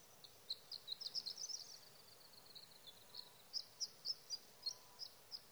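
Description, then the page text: Sage thrasher singing a rapid jumble of high notes, a dense run at first, a brief pause, then a steady series of clear separate phrases, with faint hiss behind. Male singing at night near his night roost, evenings of June 12 to mornings of June 15, 2018, Sierra Valley, California; night songs; recorded with a Swift recorder. "Sage thrasher songs, through the night. in Sierra Valley, California"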